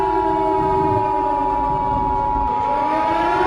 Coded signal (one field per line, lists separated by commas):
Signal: Emergency Alert System (SAME) tones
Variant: 853 and 960 Hz attention tone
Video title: EAS Scenario #9: Die-spacito